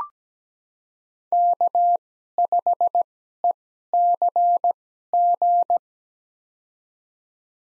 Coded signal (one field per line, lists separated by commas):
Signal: Morse code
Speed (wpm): 17 wpm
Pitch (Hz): 700 Hz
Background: none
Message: K5ECG